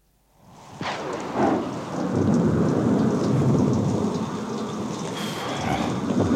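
Heavy, hot rain pours down on a beach in a dense, steady roar after a quiet start, with rumbling low tones like thunder beneath the hiss and spatters of drops hitting surfaces; the temperature is around 40 degrees.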